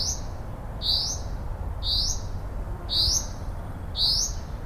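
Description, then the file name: Common Chaffinch calling with a brief upward-sweeping whistle, five notes roughly a second apart, against a constant low rumble. "Fringilla coelebs"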